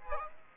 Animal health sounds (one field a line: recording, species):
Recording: mosquito wingbeat signal from an infrared sensor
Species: Aedes aegypti